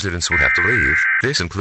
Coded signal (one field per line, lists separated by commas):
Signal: Emergency Alert System (SAME) tones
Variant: header bursts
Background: speech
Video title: The World Ends:EAS scenario